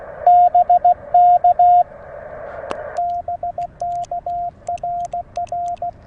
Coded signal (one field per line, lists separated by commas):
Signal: Morse code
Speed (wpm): 16 wpm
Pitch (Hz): 700 Hz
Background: radio noise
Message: BK BK RR